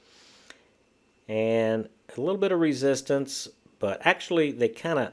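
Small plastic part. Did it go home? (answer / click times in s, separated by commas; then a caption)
yes / 0.5 s. A plastic 1/35 scale Russian SAM-6 antiaircraft model missile is slid, by the small T on its underside, between the launcher rails. After a little resistance it snaps into place with a short click at 0.5 s, stopping where the missile is meant to sit on the rear rails. Someone then talks.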